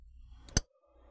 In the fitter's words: next we're gonna go ahead and reconnect the sensor we're gonna push it in until we hear it click and then